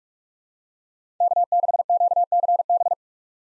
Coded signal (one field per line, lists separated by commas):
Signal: Morse code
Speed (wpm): 46 wpm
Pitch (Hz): 700 Hz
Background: none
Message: K6QCB